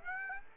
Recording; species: mosquito wingbeat signal from an infrared sensor; Aedes aegypti